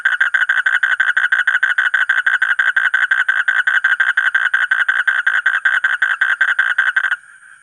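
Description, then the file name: Asian common toad producing a long unbroken trill of quick buzzy pulses that stops abruptly near the end, leaving a faint tone. "suara kodok bangkong kolong kodok buduk"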